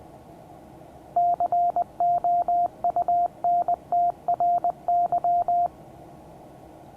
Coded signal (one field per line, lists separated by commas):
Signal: Morse code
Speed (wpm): 20 wpm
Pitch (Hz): 700 Hz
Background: radio noise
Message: COUNTRY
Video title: Morse code class 2024-07-21 (1 of 12)